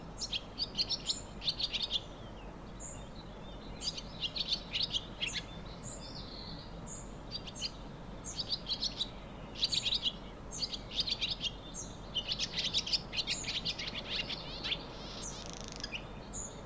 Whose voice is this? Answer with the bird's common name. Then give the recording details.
Barn Swallow. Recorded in the wild. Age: adult. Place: Untertweng, AT. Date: 1972-05-12. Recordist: Brunner, Thomas